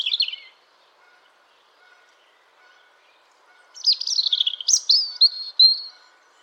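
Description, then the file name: European robin song: a short high twittering note, a pause of about three seconds, then a varied phrase of quick high warbles, trills and thin whistles. "Erithacus rubecula"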